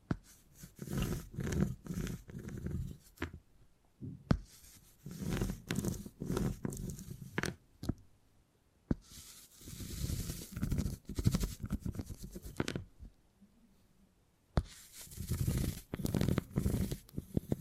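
Beeswax being squished and handled, giving sticky crackling and soft squelching in dense bursts. Short busy stretches alternate with near-silent pauses around four, eight and fourteen seconds, with sharp clicks and taps scattered throughout.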